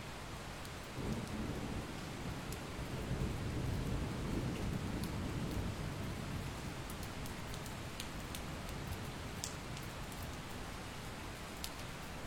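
A sudden summer thunderstorm: steady, dense rain hisses throughout, with scattered drips and taps ticking through the upper range. A low rolling rumble of thunder swells from about one second to six seconds, then eases back into the even downpour.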